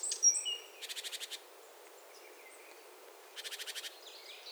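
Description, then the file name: Great tit churring calls: two dry, buzzy rattles of rapid pulses separated by a pause of a couple of seconds. "Parus major"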